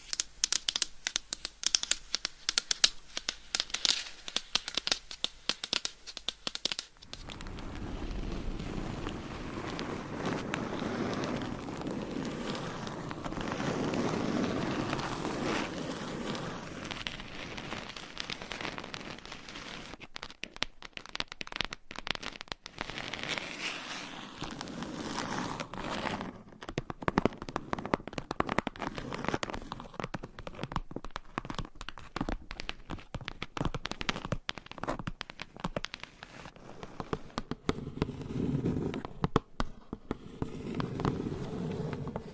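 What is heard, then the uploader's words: Scratching and tapping on a surface, with sharp dense clicks for the first seven seconds, then a softer rubbing, massaging wash through the middle. After about twenty seconds quick scratches and taps return in irregular bursts over the continuing low rustle until the end. Scratching , Tapping , Massage & More No Talking.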